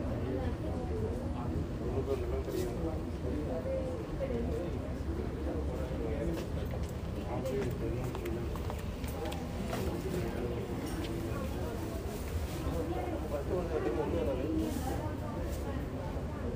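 A steady din of overlapping voices talking during a bus and metro ride, with a constant low rumble underneath and brief clicks scattered throughout.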